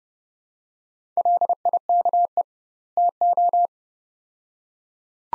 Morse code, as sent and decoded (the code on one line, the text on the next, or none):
.-.. .. -.- . / - ---
LIKE TO